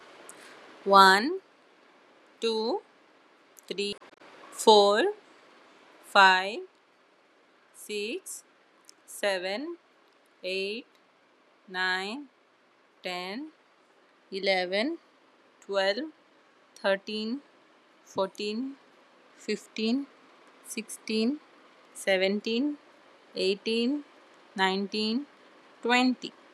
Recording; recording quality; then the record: counting at a normal pace; excellent, no background noise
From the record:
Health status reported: healthy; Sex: female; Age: 30 years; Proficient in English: yes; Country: India